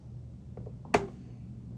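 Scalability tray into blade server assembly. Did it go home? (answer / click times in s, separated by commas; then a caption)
yes / 1.0 s. A scalability tray is pushed forward under the secondary blade server of an IBM BladeCenter HX5 four-socket upgrade until it latches, with a click expected on each side. A few faint ticks come first, then one sharp, loud click at about 1.0 s, the loudest sound in the clip. The tray clicks into place and is seated.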